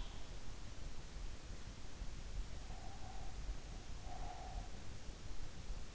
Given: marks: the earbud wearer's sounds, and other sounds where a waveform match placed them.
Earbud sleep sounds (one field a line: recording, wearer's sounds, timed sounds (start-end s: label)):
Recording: sounds in sleep by an in-ear microphone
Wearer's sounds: breath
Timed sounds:
2.36-4.87 s: breath